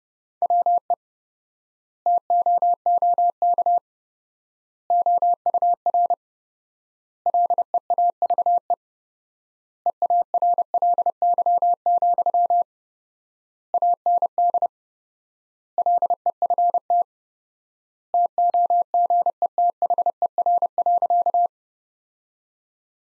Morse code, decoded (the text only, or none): WE TOOK OUR LEAVE EARLY, AND LEFT TOGETHER.